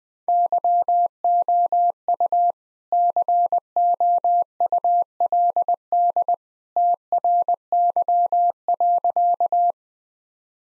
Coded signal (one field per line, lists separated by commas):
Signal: Morse code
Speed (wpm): 21 wpm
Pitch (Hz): 700 Hz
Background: none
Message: YOU COULD TRY.